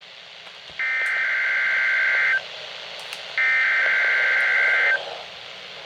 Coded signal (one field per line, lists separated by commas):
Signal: Emergency Alert System (SAME) tones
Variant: header bursts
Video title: Required Weekly Test | EAS #417